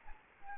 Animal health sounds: mosquito wingbeat signal from an infrared sensor; Anopheles arabiensis

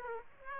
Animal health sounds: mosquito wingbeat signal from an infrared sensor; Aedes aegypti

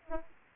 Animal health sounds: mosquito wingbeat signal from an infrared sensor; Aedes aegypti

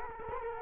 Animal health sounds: mosquito wingbeat signal from an infrared sensor; Culex quinquefasciatus

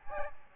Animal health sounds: mosquito wingbeat signal from an infrared sensor; Aedes albopictus

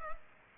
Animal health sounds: mosquito wingbeat signal from an infrared sensor; Culex pipiens

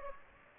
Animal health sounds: mosquito wingbeat signal from an infrared sensor; Aedes aegypti

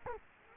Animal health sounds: mosquito wingbeat signal from an infrared sensor; Culex quinquefasciatus

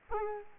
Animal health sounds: mosquito wingbeat signal from an infrared sensor; Culex quinquefasciatus

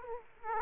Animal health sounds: mosquito wingbeat signal from an infrared sensor; Aedes aegypti

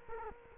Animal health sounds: mosquito wingbeat signal from an infrared sensor; Culex quinquefasciatus

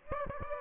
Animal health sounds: mosquito wingbeat signal from an infrared sensor; Aedes aegypti

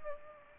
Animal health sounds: mosquito wingbeat signal from an infrared sensor; Aedes aegypti

